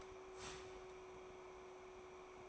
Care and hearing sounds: daily activity, microphone in the room; start toaster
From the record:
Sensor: 1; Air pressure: 1014.7 hPa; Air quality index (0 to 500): 193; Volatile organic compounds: 28 ppm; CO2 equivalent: 2919 ppm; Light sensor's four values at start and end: 4/9/3/3 and 4/9/3/3

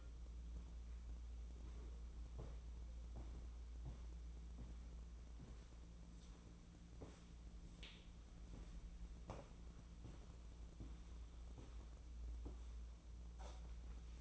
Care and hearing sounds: daily activity, microphone in the room; walk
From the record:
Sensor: 1

